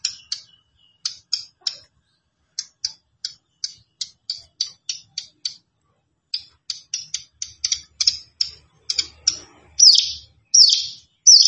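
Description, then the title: Plain prinia song: rapid series of short, high, ticking chirps in bursts, ending in louder, more widely spaced down-slurred notes, with faint low rumbling in the background. "Ciblek Sawah"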